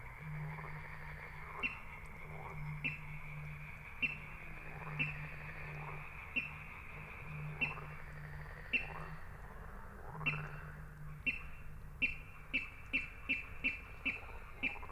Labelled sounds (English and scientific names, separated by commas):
Water Rail (Rallus aquaticus)